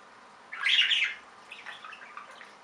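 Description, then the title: Budgerigar gives one loud buzzy chirp, followed by faint soft twittering. "Budgie Sounds"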